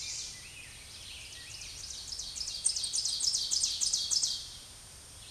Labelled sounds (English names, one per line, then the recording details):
Ovenbird song
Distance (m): 15 m
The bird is about 5 m above the microphone
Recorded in a Pennsylvania forest on 16 May 2024 at 07:15
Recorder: AudioMoth, point MSD-2083
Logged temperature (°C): 16.7 °C
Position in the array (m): 147 m, 5 m